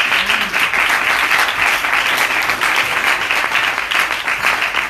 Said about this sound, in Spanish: ¿Ese aplauso fue para el señor o para la compañera? ¿Y para el señor?